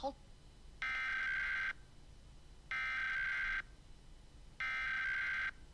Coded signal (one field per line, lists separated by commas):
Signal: Emergency Alert System (SAME) tones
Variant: header bursts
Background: speech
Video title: National EAS Test - October 4, 2023 (KOPB-FM)